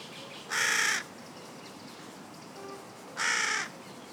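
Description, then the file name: Carrion crow giving two separate hoarse caws, spaced nearly three seconds apart, with a faint softer note between. "Corvus corone"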